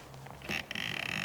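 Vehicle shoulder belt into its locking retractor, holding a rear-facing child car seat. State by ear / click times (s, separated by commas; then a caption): seated / 0.8 s, 0.9 s, 1.0 s, 1.1 s, 1.2 s. A vehicle shoulder belt, pulled all the way out, feeds back into its switchable locking retractor while holding a rear-facing Graco 4Ever DLX child car seat. After a low, quiet rustle and a brief louder burst around 0.5 s, the retractor ratchets with sharp clicks at 0.8, 0.9, 1.0, 1.1, 1.1 and 1.2 s. The clicks show the retractor has engaged and the seat belt is locked off.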